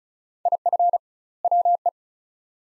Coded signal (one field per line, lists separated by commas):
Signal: Morse code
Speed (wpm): 34 wpm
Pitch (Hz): 700 Hz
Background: none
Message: IF WE